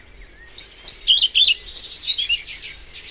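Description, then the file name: European pied flycatcher song, a lively chain of high, clear, slurred notes given in quick rhythm, rising and falling, fading out after about two seconds. "Trauerschnaepper"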